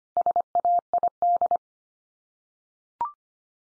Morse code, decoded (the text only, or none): SAID